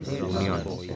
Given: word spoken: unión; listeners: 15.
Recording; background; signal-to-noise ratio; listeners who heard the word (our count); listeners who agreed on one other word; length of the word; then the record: one Spanish word in noise, from a listening test; eight-talker babble; 0.9 dB; 3 of 15; 7 of 15; 0.56 s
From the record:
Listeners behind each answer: 7, 3, 1, 1, 1, 1, 1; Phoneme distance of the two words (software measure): 24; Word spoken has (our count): 2 syllables, 5 phonemes, stress on syllable 2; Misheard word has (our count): 2 syllables, 7 phonemes, stress on syllable 2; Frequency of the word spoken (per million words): 143.76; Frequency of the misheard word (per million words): 135.08